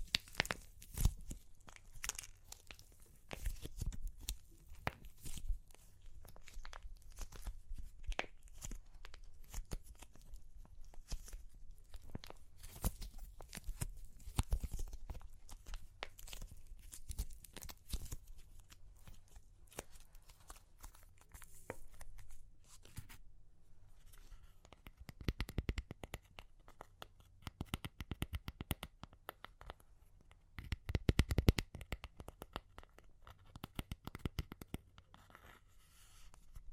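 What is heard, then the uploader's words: Dense, irregular crunching and cracking of clay, with sharp snaps and crackles packed closely through the first twenty-odd seconds. After a brief quieter stretch around 23 seconds, louder bursts of crumbling and tearing return in clusters, especially near 26, 29 and 31 seconds. Super Crunchy Clay Cracking (No Talking).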